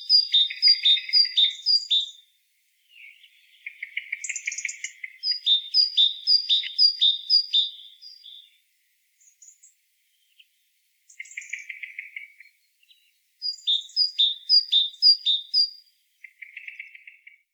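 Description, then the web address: Great tit calls: repeated bursts of sharp ringing notes alternating with buzzy churring phrases, separated by brief pauses over about seventeen seconds. "SETE data Parus major"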